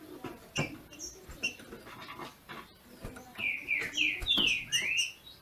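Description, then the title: Green-winged saltator singing a short phrase of loud, slurred, down-sweeping whistles late, after scattered dry clicks and taps. Female singing in male style to stimulate the male. "FÊ MEA DE TRINCA FERRO MACHEANDO PARA ESQUENTAR O MACHO"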